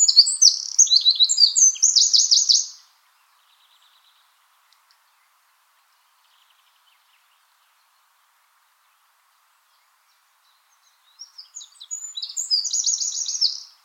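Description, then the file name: Eurasian wren song, a high rapid trilling burst of under three seconds, a long pause with faint ticks, then another fast shrill trilled phrase begins. "Troglodytes troglodytes"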